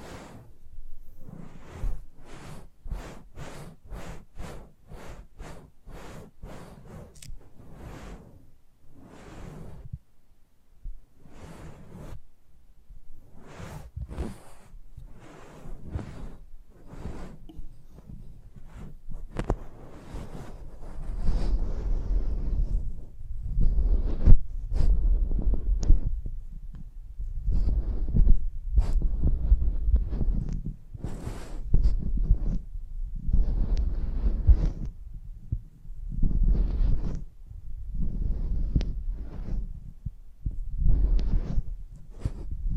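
Close-up mic treatment: a string of sharp taps and soft thumps, fairly regular at about two per second, like a pulsing heartbeat. Past the twenty-second mark a low rumble swells underneath and the knocks grow louder, denser and less even.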